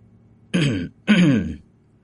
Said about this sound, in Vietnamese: Cổ Lăng ho khan một tiếng, vẻ mặt có phần lúng túng.